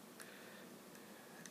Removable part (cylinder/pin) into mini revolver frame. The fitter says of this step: hold it down, and then it goes all the way in, and it locks into place.